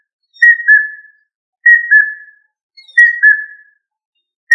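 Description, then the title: Rail whistles: three falling two-note calls about one and a quarter seconds apart, each clean and tonal against silence, with a fourth starting at the end. "Familia Rallidae"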